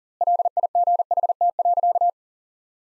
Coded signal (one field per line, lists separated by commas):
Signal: Morse code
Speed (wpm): 40 wpm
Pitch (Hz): 700 Hz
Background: none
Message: LIGHT.